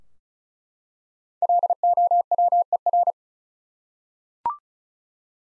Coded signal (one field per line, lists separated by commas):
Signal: Morse code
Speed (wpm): 36 wpm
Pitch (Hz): 700 Hz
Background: none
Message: LOWER